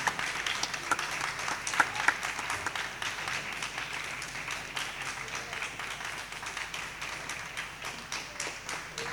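A crowd applauds steadily, dense clapping holding at a fairly even level for several seconds, with a few sharper individual claps standing out early on.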